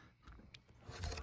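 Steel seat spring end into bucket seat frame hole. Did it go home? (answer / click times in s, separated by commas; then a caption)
yes / 0.5 s. A broken steel seat spring in the base of a 1968–69 Firebird or Camaro bucket seat is shifted over by hand until its end snaps into the lower hole of the seat frame. Soft rubbing and scraping lead up to a sharp, bright click at 0.6 s, followed by more rustling. The spring is seated in the frame hole.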